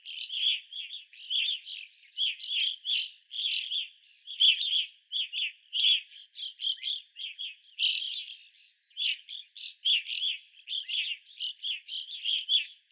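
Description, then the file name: Evening grosbeaks calling steadily, a busy stream of clipped, slightly harsh chirps repeated throughout. Several evening grosbeaks, 25 April 2021. "2021-04-25 Evening Grosbeaks"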